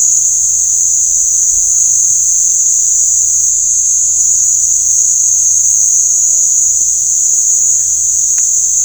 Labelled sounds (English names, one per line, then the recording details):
none
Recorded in pastures near Puerto Asís, Putumayo, Colombia, on 22 December 2024 at 19:00
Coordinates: 0.497, -76.327
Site G088